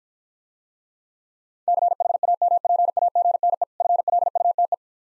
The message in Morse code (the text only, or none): CHAMPAGNE FLUTE